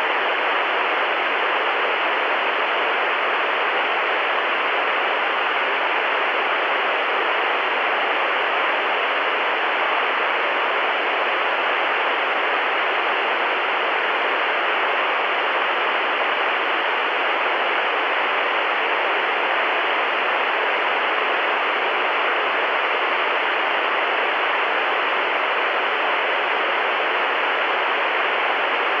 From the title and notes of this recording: TV Static White Noise. The soothing sound of TV static.